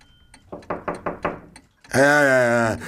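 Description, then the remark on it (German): Five quick, evenly spaced knocks rap on a door, moderately loud, followed after a brief pause by a sustained spoken voice. “Die Tür.”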